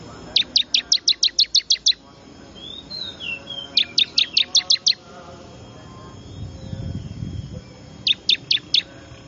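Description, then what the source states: Bar-winged prinia call series of rapid, sharp, high notes: about eight, then six, then four, with faint twittering between the bursts. Lure call used to attract wild small birds; local name ciblek.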